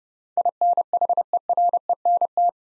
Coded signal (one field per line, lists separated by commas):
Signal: Morse code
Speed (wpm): 30 wpm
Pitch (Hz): 700 Hz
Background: none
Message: INHERENT